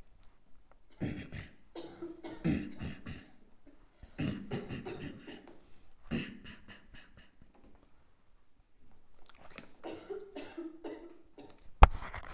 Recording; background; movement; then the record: throat clearing; a bystander coughing; sitting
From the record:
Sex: male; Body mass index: 23.7 kg/m2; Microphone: on the chest, facing outward